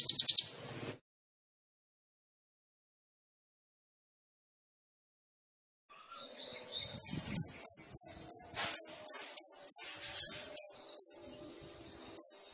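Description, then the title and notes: Sunbird song: a brief high burst, a long silence, then a series of evenly spaced sharp high chips roughly every third of a second, with faint twittering behind. Indonesian masteran training recording for songbirds; described as full of varied notes (isian) and bursts (tembakan), suited as a lure (pancingan); bird described as gacor (singing vigorously). "MASTERAN KOLIBRI NINJA TERBAIK FULL ISIAN DAN TEMBAKAN MEWAH COCOK BUAT PANCINGAN. Suara Burung Kolibri Ninja Gacor"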